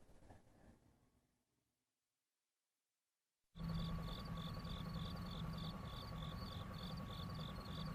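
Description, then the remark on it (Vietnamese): Crickets chirping at night beside a house after rain, a dense, steady trill of high, rapid pulses that starts abruptly after a quiet gap and keeps going loud and continuous, with a low hum beneath; nobody speaks. “Tiếng dế, tiếng ếch bên hông nhà cứ kêu lên liên hồi.”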